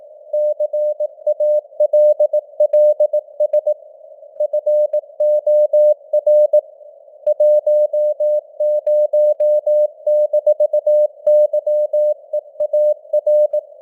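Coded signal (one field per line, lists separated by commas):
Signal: Morse code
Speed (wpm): 18 wpm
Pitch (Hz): 600 Hz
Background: none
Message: CALLS FOR 10-YEAR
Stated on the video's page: Morse code news headlines at 18 wpm with simulated radio noise and varying signal strength (QSB).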